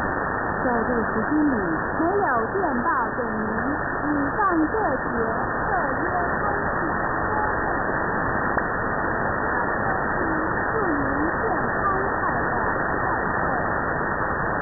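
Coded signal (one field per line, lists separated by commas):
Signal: numbers station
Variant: V13, Chinese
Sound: faint spoken voice through heavy shortwave static, voice fading in and out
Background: radio static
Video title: V13 (Taiwanese Number Station) | 31st December 2023 | Null Message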